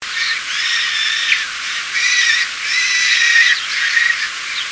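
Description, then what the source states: Baby bird giving harsh hissing calls in several bursts with faint stacked whistled tones, separated by short gaps. Young bird, a baby.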